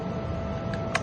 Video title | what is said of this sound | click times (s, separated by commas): Badge machine vedio working tutorial Dhiba enterprises 9789940070 | இப்ப இப்படி தள்ளும் போது என்ன ஆகும்னா இங்க அப்படியே லாக் ஆகிடும், போகாது உங்களுக்கு. | 1.0 s